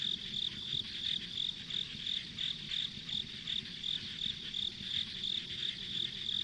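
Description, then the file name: High insect chirping pulses steadily, near three per second, over a thin continuous whine and soft low background sound. Ambient insect sounds on a rural country road. "田舎道の虫の環境音"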